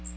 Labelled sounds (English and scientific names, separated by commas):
Magnolia Warbler (Setophaga magnolia) flight call